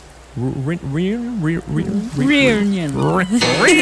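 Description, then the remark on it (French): A person imitates a cat, letting out a string of drawn-out, wavering meows that rise and fall in pitch, fairly loud and running almost continuously for a few seconds. “T'aimes pas mes imitations de chats?”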